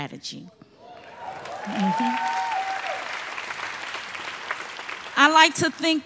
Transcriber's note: applause